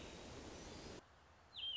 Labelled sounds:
American Robin
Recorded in Sonoma County, California

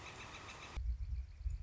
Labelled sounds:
Northern Flicker
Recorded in Sonoma County, California

